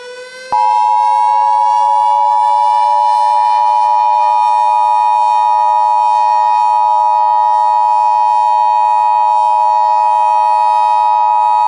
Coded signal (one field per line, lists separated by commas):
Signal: Emergency Alert System (SAME) tones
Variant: 853 and 960 Hz attention tone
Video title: EAS Scenario #2: Suicide Ghost